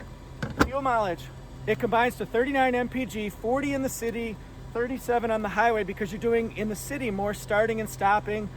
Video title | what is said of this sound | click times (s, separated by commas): 2021 Venza Limited Review: Full Review, Interior, Exterior, Specs, Test Drive | open it right here i always recommend shutting it until it clicks | 0.4 s, 0.6 s